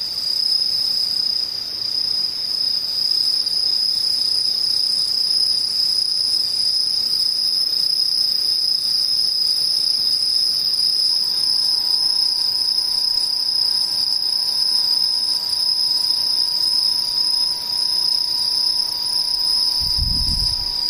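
Insects trill without pause, a high, bright, steady chirring that holds at one pitch throughout. A faint low hum enters about halfway through, and a brief low thump sounds near the end.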